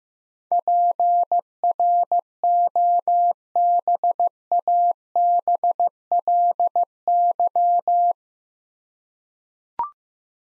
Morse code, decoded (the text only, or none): PROBABLY